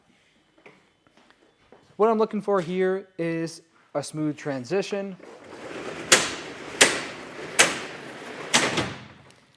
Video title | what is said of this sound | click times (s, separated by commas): Installing the Pace Edwards UltraGroove Retractable Hard Tonneau Cover on your 2024 GMC Sierra 1500 | making sure I can hear everything click into place and no resistance really | 6.1 s, 6.8 s